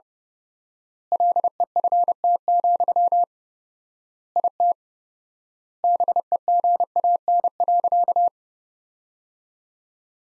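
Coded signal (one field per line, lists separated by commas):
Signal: Morse code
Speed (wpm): 30 wpm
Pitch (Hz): 700 Hz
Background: none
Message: LEFT, IT BEGAN.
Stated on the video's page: Practice Morse at 30wpm, sentences from the top 400 words sent with 4x standard word spacing.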